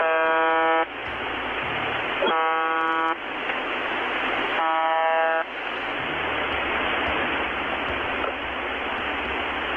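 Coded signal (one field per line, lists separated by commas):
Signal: channel marker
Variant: UVB-76 (The Buzzer)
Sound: three harsh, horn-like buzzes, each under a second, separated by radio hiss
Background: radio static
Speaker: It emits 25 buzz tones per minute, which is sometimes interrupted by Russian voices that appear to be talking in code.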